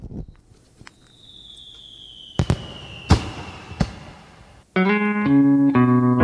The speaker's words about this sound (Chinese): 妈呀，前面有一种新年好的一个感觉，你听到那烟花声了？